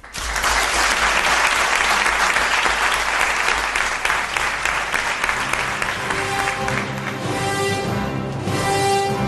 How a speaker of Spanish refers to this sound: pero como todos los años aquí en Málaga, ha sido un placer y la gente te quiere tanto que te lo va a demostrar con este aplauso.